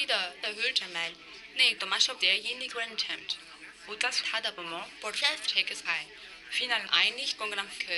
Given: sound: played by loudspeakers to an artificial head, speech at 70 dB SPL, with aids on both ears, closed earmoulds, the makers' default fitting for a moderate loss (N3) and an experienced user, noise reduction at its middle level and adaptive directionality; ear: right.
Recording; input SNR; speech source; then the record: speech test signal (ISTS) in cocktail-party noise; +6 dB; in front (0 degrees)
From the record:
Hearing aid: class 2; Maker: B